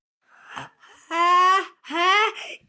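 An adult's acted sneeze build-up: quick breathy inhalations, then two drawn-out voiced "ah" sounds rising in pitch, building toward a sneeze.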